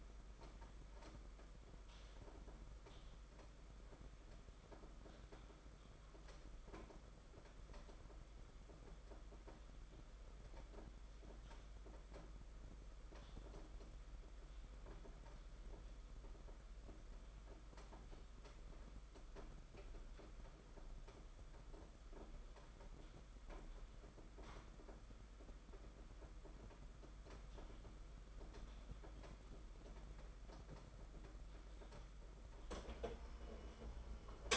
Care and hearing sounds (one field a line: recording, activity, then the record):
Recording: daily activity, microphone in the room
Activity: typing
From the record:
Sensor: 5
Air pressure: 991.9 hPa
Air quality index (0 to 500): 164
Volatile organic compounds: 377 ppm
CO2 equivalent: 4632 ppm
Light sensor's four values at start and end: 31/107/40/42 and 31/107/40/42